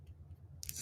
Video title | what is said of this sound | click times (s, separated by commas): Change Your Life with Rose Quartz and Amethyst Jewelry! | slides in. It has a little bit of a click to it. | 0.6 s